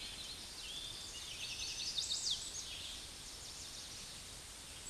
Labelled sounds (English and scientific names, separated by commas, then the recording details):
Chestnut-sided Warbler (Setophaga pensylvanica) song
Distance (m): 40 m
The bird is about 15 m above the microphone
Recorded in a Pennsylvania forest on 16 May 2024 at 08:31
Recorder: AudioMoth, point MSD-2391
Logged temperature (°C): 15.0 °C
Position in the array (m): 88 m, 62 m